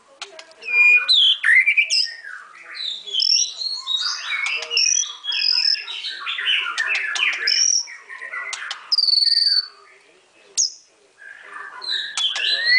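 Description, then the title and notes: White-rumped shama singing a rich, rapidly changing medley of whistled slurs, buzzy notes and clicks, with a steady high tone near nine seconds. Masteran (training) song. "Murai Batu Album 01. Masteran Murai Batu"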